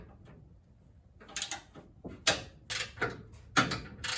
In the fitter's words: you heard those clicks all right next it says to